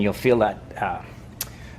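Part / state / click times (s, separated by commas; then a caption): spark plug wire boot onto spark plug of lawn mower engine / seated / 1.4 s. The rubber spark plug wire boot on a John Deere Z335E mower engine is pushed back onto the spark plug terminal. Someone talks throughout, and a single short, sharp click at 1.4 seconds marks the boot engaging and seating on the plug.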